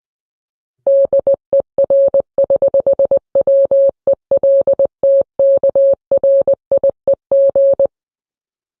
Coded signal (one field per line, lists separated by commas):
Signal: Morse code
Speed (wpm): 20 wpm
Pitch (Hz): 550 Hz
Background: none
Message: DER <HH> WELTKRIEG